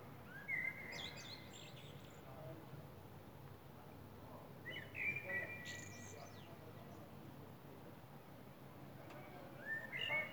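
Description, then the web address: Common blackbird song: three fluting phrases spaced roughly five seconds apart, each closing with squeaky high notes, over a low steady hum. Recorded in April. "Amsel im April"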